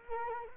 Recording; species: mosquito wingbeat signal from an infrared sensor; Culex quinquefasciatus